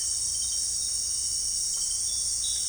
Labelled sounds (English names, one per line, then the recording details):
none
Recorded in dense forest near Puerto Asís, Putumayo, Colombia, on 18 December 2024 at 18:00
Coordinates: 0.484, -76.325
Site G056